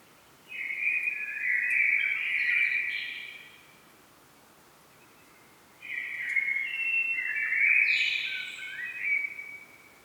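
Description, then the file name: Common blackbird singing two full, rich warbling phrases a few seconds each, with higher twittering notes woven in, separated by a pause. "Turdus merula"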